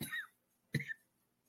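Two short, harsh cough bursts from an adult, about three-quarters of a second apart, in a quiet room.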